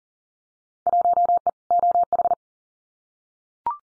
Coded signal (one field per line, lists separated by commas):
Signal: Morse code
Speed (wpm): 37 wpm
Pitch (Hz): 700 Hz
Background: none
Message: 1E OH